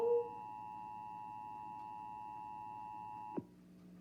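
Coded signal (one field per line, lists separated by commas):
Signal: Emergency Alert System (SAME) tones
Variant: 853 and 960 Hz attention tone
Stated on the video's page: North Carolina Required Monthly Test on WHQR-FM 91.3 that failed.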